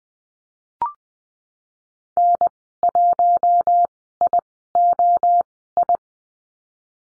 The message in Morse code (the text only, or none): N1IOI